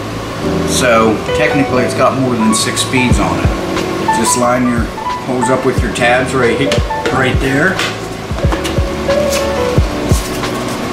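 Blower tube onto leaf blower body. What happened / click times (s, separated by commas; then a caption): The tube is being lined up and pushed but has not clicked home / none. A plastic blower tube is lined up with the tabs on a Vanpore cordless leaf blower body and pushed on. Someone talks over steady background music and a low hum. Nothing has seated or clicked yet.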